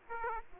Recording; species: mosquito wingbeat signal from an infrared sensor; Aedes aegypti